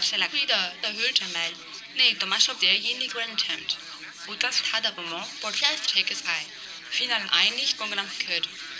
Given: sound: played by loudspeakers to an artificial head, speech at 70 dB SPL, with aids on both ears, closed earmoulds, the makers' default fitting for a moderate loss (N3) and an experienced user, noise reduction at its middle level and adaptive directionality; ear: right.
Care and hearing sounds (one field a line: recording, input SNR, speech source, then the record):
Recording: speech test signal (ISTS) in cocktail-party noise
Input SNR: +6 dB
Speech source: on the right (90 degrees)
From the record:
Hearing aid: class 1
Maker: B